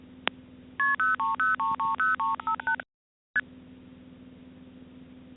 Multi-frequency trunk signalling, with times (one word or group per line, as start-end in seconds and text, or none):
0.8-2.8 KP030330358
3.3-3.4 ST